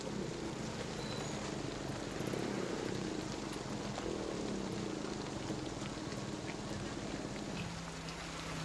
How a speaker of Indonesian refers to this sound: Nak, sekarang kan sedang hujan. Kalau kita terus berjalan, nanti kita akan basah.